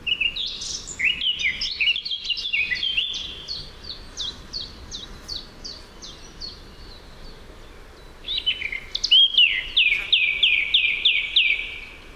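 Eurasian blackcap song: a rapid run of bright, repeated chirping notes that fades after a few seconds, then a second lively phrase of high, clipped notes.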